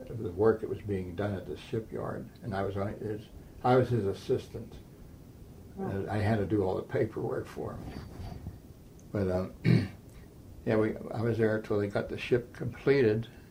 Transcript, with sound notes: work that was being done at the shipyard, and I was on his - I was his assistant. And I had to do all the paperwork for him. But uh (clears throat) yeah we -- I was there till they got the ship completed